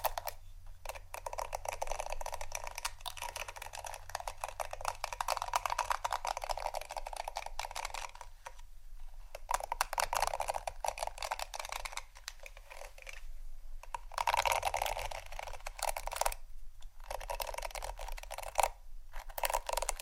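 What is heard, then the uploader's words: A hair brush or comb is drawn through hair in quick, dense, scratchy strokes, crisp. The bristly rustling runs almost without break, with short pauses near nine, twelve and seventeen seconds, over a faint low hum. ASMR Hair Brush & Comb Sounds （No Talking）.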